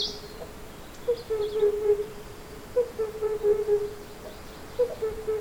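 Himalayan cuckoo giving short groups of low, muffled hooping notes about every two seconds, with a faint high chirp at the start.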